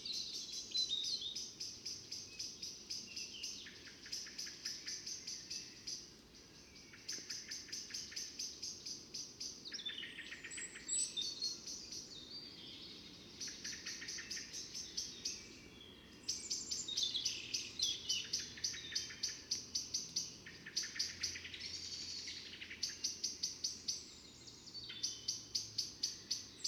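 An evening by a fox den, filled with overlapping birdsong. Bright, rapid ticking trills come in bursts of a few seconds, repeating throughout, with sweeping chirps layered over them. A faint, steady low rumble runs underneath.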